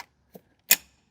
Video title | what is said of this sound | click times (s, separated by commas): We Transformed My Old Work Van into a SUPERCHARGED MONSTER! Boosted… | a couple of satisfying clicks | 0.0 s, 0.7 s